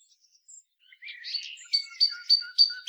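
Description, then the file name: Common nightingale song, soft warbled notes building into a series of four loud repeated whistled notes about every third of a second. "Luscinia megarhynchos"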